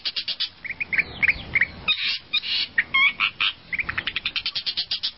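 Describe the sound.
Bird song, busy mix of rapid high chirps and short whistled notes in quick succession.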